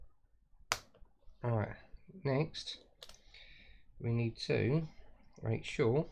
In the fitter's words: Listen out for a little click.